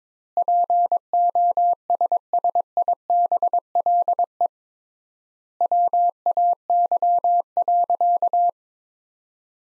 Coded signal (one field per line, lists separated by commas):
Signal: Morse code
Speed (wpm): 22 wpm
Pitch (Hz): 700 Hz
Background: none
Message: POSSIBLE WAY.